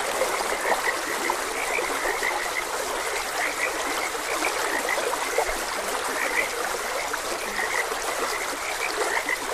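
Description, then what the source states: Croaking frogs give short repeated notes, several callers overlapping, while a stream gurgles steadily throughout. Frogs croaking beside a gentle stream.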